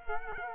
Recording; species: mosquito wingbeat signal from an infrared sensor; Culex quinquefasciatus